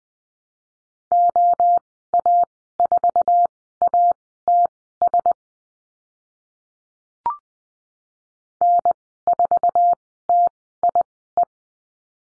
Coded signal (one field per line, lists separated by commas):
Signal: Morse code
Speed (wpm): 20 wpm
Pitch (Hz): 700 Hz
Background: none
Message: OA4ATS N4TIE